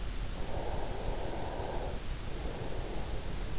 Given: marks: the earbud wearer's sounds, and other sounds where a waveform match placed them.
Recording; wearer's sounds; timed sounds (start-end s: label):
sounds in sleep by an in-ear microphone; breath
0.39-3.55 s: breath